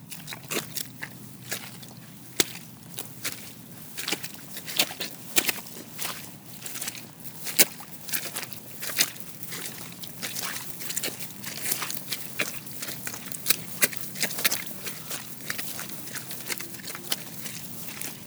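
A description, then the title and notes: Outdoors in a muddy field, wet squelching steps and sharp clicks come every fraction of a second at an uneven pace throughout. A low, steady rumble sits underneath, and the overall level stays fairly even, with a few louder snaps around the middle. A muddy field in Balcombe.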